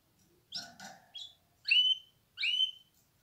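Canary song notes, a few harmonic chirps spaced in short bursts with brief pauses between them, with faint low rustling beneath.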